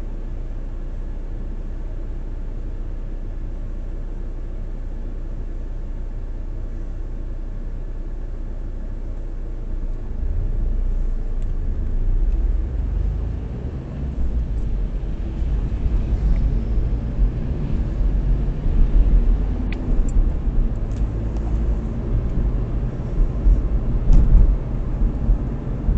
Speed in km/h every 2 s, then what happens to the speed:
0, 0, 0, 0, 0, 3, 7, 21, 28, 31, 38, 42, 48.
0-8 standing. 8-26 pulls away to 48.